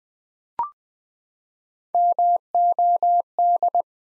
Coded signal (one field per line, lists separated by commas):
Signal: Morse code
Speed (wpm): 20 wpm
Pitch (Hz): 700 Hz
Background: none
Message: MOD